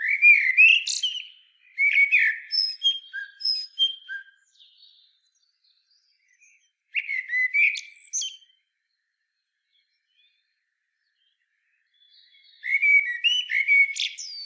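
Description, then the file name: Common blackbird song: several phrases of low fluting whistles with high thin twittering notes, mostly separated by pauses of a few seconds. "Turdus merula"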